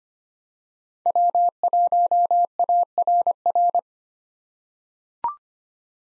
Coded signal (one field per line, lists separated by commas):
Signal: Morse code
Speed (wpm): 25 wpm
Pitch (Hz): 700 Hz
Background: none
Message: W1ARR